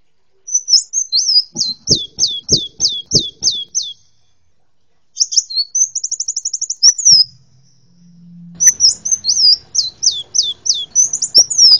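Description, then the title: Hummingbird uttering high chips in quick series, then a short fast trill, a pause, and another twittering bout; soft low thumps and a brief hum are also audible. "kolibri"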